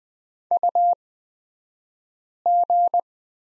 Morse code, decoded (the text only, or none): UG